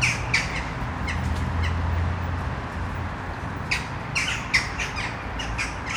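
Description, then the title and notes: Western jackdaws giving clear short 'chak' calls in two bursts separated by a quieter spell, with low engine drone beneath. Many jackdaws in one tree, city centre of Brno, Czech Republic, at sunset. "Malinovského nám. 571/1, 602 00 Brno-střed-Brno-město, Česko - Western jackdaws at sunset. A tree full of jackdaws in the city center of Brno"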